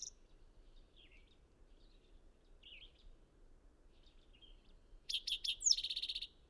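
Bird song: a few faint scattered chirps over low background hiss, then a louder phrase of sharp high notes and a downslurred note leading into a fast trill.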